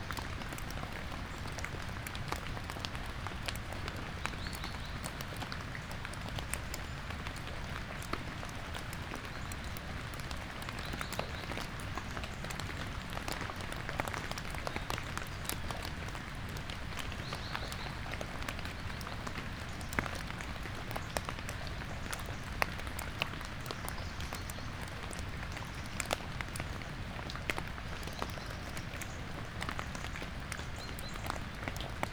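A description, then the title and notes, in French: Rain drips from trees, a steady dense patter of drops landing on leaves and surfaces. Sharper individual drops tick out every second or so over a soft, constant hiss with a low rumble underneath, the level hardly changing from start to finish. Fourcinet - Drôme - Nagra seven - Binaural mkh8020. À l'abri des arbres j'écoute et enregistre la pluie des arbres.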